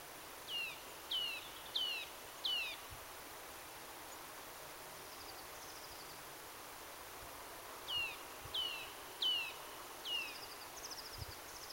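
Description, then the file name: Eurasian nuthatch calling in two groups of four clear, descending notes spaced roughly half a second apart, over steady background noise. "Sitta europaea"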